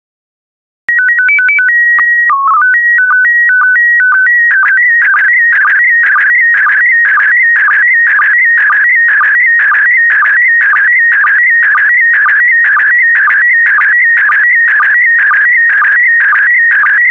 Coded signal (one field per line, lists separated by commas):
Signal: SSTV (slow-scan television)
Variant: PD 120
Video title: 124098 Flowering Potted Plants SSTV PD120